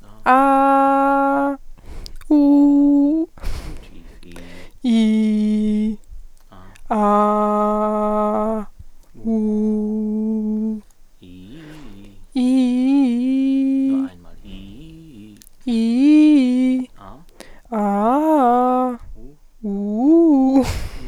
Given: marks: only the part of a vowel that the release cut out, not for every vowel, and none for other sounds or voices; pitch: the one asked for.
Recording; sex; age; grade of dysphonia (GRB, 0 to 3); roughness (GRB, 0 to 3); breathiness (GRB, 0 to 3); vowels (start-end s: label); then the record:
sustained vowels; female; 20 to 29 years; 0; 0; 0
0.33-1.44 s: vowel /a/, high pitch
2.34-3.19 s: vowel /u/, high pitch
4.90-5.86 s: vowel /i/, low pitch
7.08-8.43 s: vowel /a/, low pitch
9.44-10.66 s: vowel /u/, low pitch
15.71-16.73 s: vowel /i/, low-high-low pitch
17.79-18.81 s: vowel /a/, low-high-low pitch
19.70-20.55 s: vowel /u/, low-high-low pitch
From the record:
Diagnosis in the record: healthy voice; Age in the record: 25 years